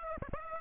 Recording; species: mosquito wingbeat signal from an infrared sensor; Aedes aegypti